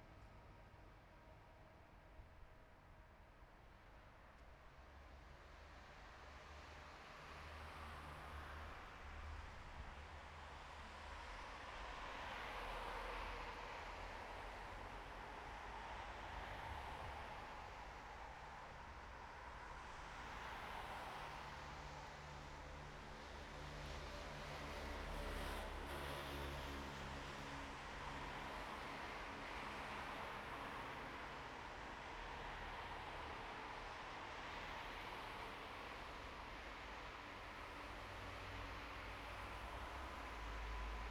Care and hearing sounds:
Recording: everyday scene through a hearing-aid microphone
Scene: in traffic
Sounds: traffic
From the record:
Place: bus stop on a city main road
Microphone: behind the ear, right, front

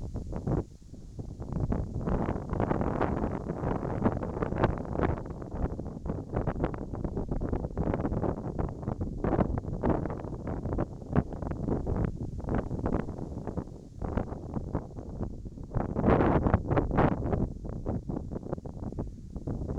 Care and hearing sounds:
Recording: everyday scene through a hearing-aid microphone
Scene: wind on the microphone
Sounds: wind, whistling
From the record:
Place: in front of a rural house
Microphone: in the ear canal, right

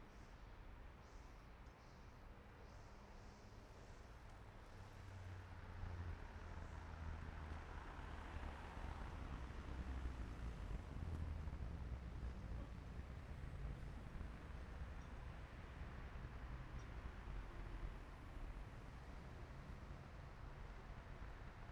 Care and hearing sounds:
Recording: everyday scene through a hearing-aid microphone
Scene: in traffic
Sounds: traffic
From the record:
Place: main city hub, rush hour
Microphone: behind the ear, left, rear

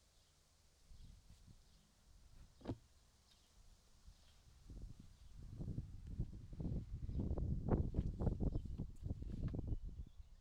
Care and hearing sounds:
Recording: everyday scene through a hearing-aid microphone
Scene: wind on the microphone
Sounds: wind, other noises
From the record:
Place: in front of a rural house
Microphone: in the ear canal, right

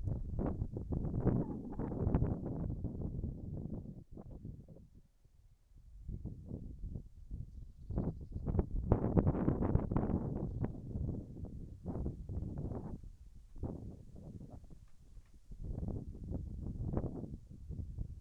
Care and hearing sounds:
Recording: everyday scene through a hearing-aid microphone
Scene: wind on the microphone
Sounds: wind, whistling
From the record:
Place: in front of a rural house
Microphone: behind the ear, left, front

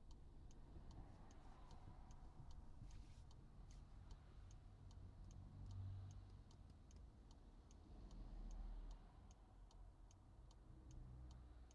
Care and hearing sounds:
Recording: everyday scene through a hearing-aid microphone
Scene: in a vehicle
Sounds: engine idling, traffic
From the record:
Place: Skoda Fabia, gasoline engine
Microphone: in the ear canal, right

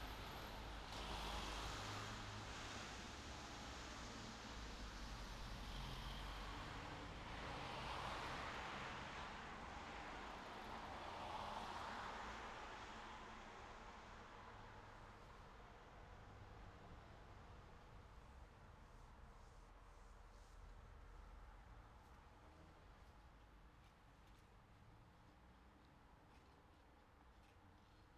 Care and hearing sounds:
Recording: everyday scene through a hearing-aid microphone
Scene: in traffic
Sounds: traffic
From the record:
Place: city secondary road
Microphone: in the ear canal, left

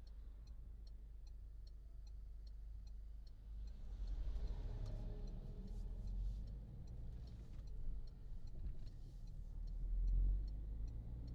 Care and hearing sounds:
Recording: everyday scene through a hearing-aid microphone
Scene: in a vehicle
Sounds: engine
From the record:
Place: Berlingo II, diesel engine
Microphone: in the ear canal, left

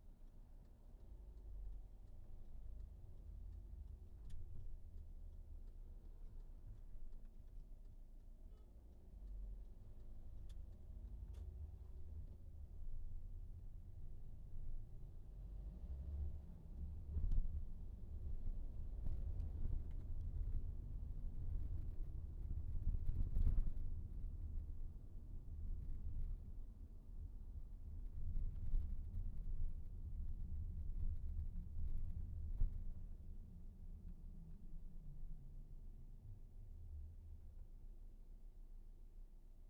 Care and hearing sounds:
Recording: everyday scene through a hearing-aid microphone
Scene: in a vehicle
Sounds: engine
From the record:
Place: VW T5 Caravelle, diesel engine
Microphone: behind the ear, right, front

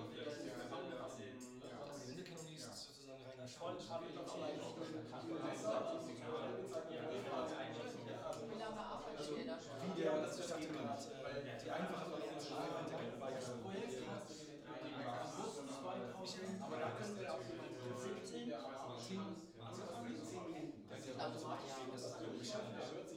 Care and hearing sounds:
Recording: everyday scene through a hearing-aid microphone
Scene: many people talking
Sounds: many voices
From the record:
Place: bistro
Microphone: in the ear canal, left

